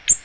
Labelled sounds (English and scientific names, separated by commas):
Ovenbird (Seiurus aurocapilla) flight call